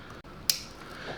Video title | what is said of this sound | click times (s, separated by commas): The PERFECT way to SHOW OFF and LIGHT UP your C8 Corvette ENGINE BAY! | Same kind of thing, push until you hear it click. | 0.5 s